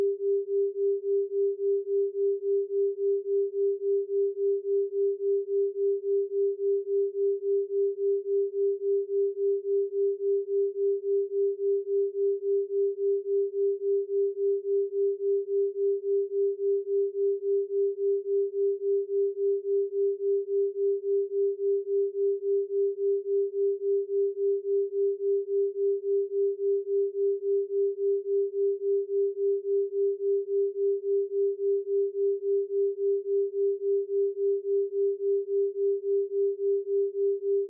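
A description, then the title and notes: A steady pure tone near 396 Hz hums unchanging for the whole clip, with a faint rapid pulsing wobble and nothing else. 3.6Hz Delta Binaural Beat & 396Hz Carrier Tone.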